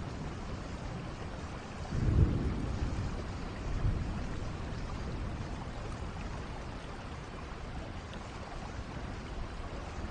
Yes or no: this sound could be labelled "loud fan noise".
no